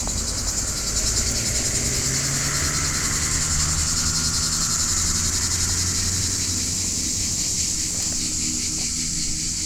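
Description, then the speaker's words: Cicadas singing loudly together, a steady shrill buzz with a fast pulsing texture, over soft low background hum. Cicadas heard very loudly in the garrigue of the Hérault, at the roadside on the way to Mont Lozère, in strong sun. "je nomme les cigales que vous entendez très fortement."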